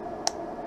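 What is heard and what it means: A plastic prescription lens, an Essilor Transitions XTRAactive and Blue Flash Mirrored lens, is worked into a metal or nylon-line eyeglass frame rim with a plastic ribbon string, moving from the outside corner toward the nose. Over a steady low hiss, a single short, bright snap sounds at 0.3 s as the lens snaps into the groove. The lens is seated.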